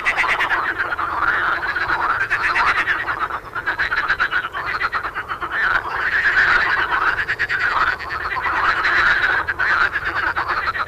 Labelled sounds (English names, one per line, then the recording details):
Marsh Frog call
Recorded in the wild
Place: Marburg, Hessen, DE
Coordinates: 50.8089, 8.7725
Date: 1964-05-10 21:35
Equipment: Uher Report 4000, AKG D190
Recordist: Krey, Winfried